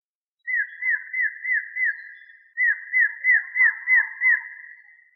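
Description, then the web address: Variable antshrike giving two series of five and six clear downslurred notes, evenly spaced near three per second, each series trailing off into a fading tone. "inkaterra asociacion org. Variable Antshrike"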